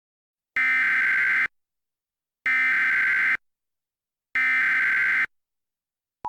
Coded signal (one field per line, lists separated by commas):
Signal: Emergency Alert System (SAME) tones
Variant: header bursts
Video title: EAS Scenario - Charleston Chaos